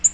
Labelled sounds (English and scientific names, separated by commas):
Black-throated Green Warbler (Setophaga virens) flight call